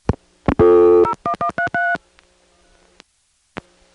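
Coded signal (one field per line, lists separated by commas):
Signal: DTMF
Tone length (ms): 90 ms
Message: 01133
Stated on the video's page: Recording of an EAX local/toll telephone switch, 1977.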